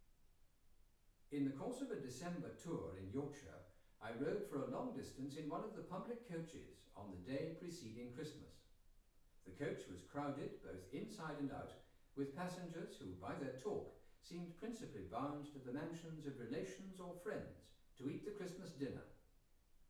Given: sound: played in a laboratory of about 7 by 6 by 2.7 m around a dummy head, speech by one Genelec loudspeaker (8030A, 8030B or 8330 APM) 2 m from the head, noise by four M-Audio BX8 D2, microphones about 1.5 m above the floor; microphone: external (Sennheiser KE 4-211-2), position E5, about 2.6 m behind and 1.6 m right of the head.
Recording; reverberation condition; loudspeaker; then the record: male speech in English; medium; 30 degrees to the right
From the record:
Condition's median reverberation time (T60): about 510 ms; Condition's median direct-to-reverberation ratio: about -0.5 dB